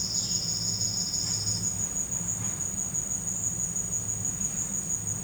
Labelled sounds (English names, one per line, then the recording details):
none
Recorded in secondary vegetation near Puerto Asís, Putumayo, Colombia, on 19 March 2025 at 12:00
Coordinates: 0.485, -76.322
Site G040